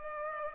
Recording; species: mosquito wingbeat signal from an infrared sensor; Culex pipiens